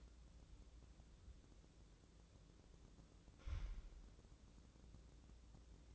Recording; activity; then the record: daily activity, microphone in the room; wipe stove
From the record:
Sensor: 3